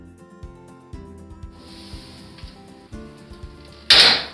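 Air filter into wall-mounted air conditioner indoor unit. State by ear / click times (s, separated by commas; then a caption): seated / 3.9 s. A washed plastic mesh filter is slid back along its rails into a wall-mounted air conditioner indoor unit, with music playing and soft knocks as it moves. A loud, sharp click at 3.9 s marks the filter latching, seated and done.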